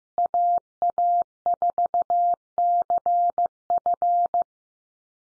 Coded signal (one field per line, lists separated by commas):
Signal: Morse code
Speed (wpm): 15 wpm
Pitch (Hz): 700 Hz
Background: none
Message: AA4CF